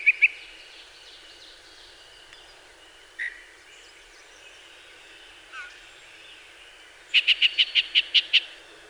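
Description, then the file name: Yellow-breasted chat with a couple of opening notes, scattered soft calls, then a fast run of bright, clipped notes near the end. Recorded 24 May 2019. "2019-05-24 Yellow-breasted Chat"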